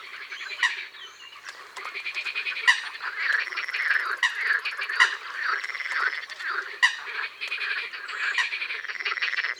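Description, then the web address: Eurasian coot calls: continuous nasal, clipped notes and sharp explosive yelps. "Foulque-macroule abc-de-la-nature"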